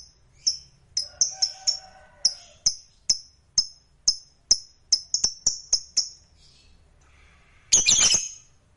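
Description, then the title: Lovebird repeating piercing high chirps about twice a second, some in quick pairs, then a short harsh burst of squawks near the end. A lazy, quiet lovebird stirred into singing. "LOVEBIRD Malas Bunyi JADI GREGET SPONTAN Langsung NARIK"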